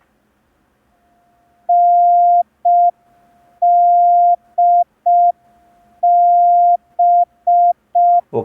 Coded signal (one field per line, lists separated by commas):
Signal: Morse code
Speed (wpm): 5 wpm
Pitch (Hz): 700 Hz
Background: none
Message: NDB